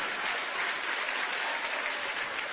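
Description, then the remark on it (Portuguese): A church audience applauding in praise of Jesus Christ, a steady, dense wash of clapping that holds at an even level throughout, with no voices standing out above it. “Aplauda Jesus Cristo, ó Santo de Israel.”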